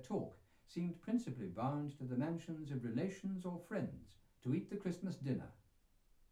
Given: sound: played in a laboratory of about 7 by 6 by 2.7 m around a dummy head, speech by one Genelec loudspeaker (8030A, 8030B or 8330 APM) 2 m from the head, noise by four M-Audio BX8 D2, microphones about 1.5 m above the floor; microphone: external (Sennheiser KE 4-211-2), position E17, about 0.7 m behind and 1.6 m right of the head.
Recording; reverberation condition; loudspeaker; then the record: male speech in English; low; in front (0 degrees)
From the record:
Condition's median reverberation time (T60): about 310 ms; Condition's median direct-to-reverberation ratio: about 3.5 dB